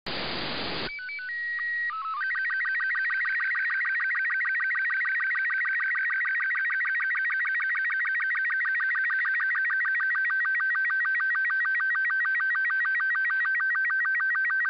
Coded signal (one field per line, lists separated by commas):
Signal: SSTV (slow-scan television)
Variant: Robot 36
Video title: September 22nd, 2019 - Voice Repeater (SSTV) RX Only Lapan IO-86